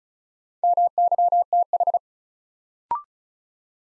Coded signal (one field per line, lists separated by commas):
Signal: Morse code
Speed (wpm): 36 wpm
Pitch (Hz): 700 Hz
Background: none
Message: MYTH